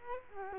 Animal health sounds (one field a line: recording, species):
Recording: mosquito wingbeat signal from an infrared sensor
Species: Culex quinquefasciatus